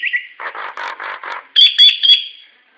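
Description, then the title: Nias hill myna calling: a brief whistle, then a series of raspy, buzzy notes, followed by three loud, ringing whistled notes that fade out. "Burung jalak nias"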